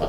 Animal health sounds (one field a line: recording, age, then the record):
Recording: pig call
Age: piglet (1 to 25 days)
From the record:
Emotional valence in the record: positive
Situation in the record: reunion after long isolation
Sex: female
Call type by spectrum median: low-frequency call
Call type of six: low-frequency tonal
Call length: 0.09 s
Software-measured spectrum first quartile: 263 Hz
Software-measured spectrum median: 513 Hz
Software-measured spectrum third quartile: 764 Hz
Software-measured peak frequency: 428 Hz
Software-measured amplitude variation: 62 dB a second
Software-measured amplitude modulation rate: 5.6 a second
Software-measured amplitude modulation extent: 11.1 dB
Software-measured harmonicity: 1.2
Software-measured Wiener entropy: -0.70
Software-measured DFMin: 1207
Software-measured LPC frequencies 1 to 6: 603, 3164, 4227, 4829, 6433, 7522 Hz